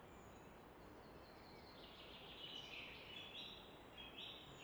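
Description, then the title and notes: Common nightingale song, soft whistled and chattering phrases building in the second half, over a steady rushing river roar. Evening in Fläsch, Switzerland; roar of the Rhine reflected off a rock face in the background; recorded with Fostex FR2 and MKH 800 microphone. "Fläsch, Schweiz - Abendstimmung Nachtigall. Im Hintergrund wird das Rauschen des Rheins von einer Felswand reflektiert"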